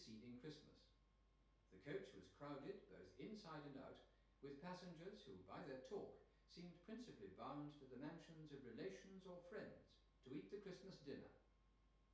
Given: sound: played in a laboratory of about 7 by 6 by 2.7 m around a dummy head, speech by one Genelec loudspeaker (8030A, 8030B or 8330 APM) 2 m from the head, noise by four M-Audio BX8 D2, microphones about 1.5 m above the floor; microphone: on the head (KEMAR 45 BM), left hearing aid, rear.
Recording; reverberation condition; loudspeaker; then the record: male speech in English; medium; 120 degrees to the right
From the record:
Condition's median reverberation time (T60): about 510 ms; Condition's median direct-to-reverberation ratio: about -0.5 dB